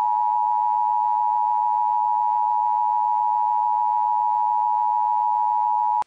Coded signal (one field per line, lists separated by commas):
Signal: Emergency Alert System (SAME) tones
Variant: 853 and 960 Hz attention tone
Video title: EAS Scenario #9 - World War III (Part 2)